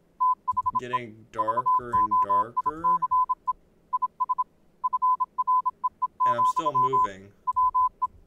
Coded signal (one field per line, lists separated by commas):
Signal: Morse code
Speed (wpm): 27 wpm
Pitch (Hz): 1010 Hz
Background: speech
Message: THE VOICE IS FREE, WE